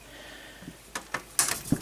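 A memory module is pushed into the motherboard DIMM socket of an e-Machine 600is, but it is inserted upside down. After a quiet stretch, sharp cracking sounds come at about 1.0, 1.2 and 1.4 seconds, followed by a low thump near 1.7 seconds. The module has not seated or clicked into place.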